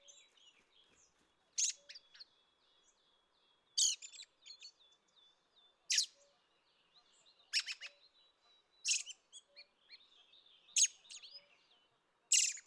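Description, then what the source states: Red-throated Thrush repeating short phrases of sharp high notes with scratchy twittering endings, about every two seconds, over a faint high steady tone. Recorded 25 May 2013 at Ider gol, Mongolia.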